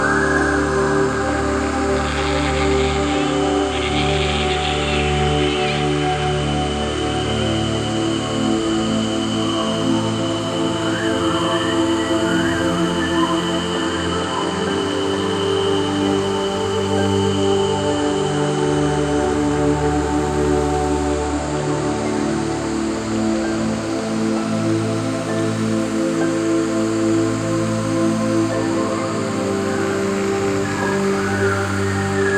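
A night jungle hums with a dense, unbroken wash of sound, steady in loudness throughout. A thin high insect whine holds for several seconds early on, while softer chirps flicker in and out around the middle and near the end over a deep, echoing drone.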